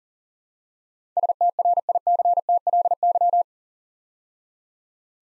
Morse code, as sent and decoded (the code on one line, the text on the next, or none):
... - .-. .. -.-. - .-.. -.--
STRICTLY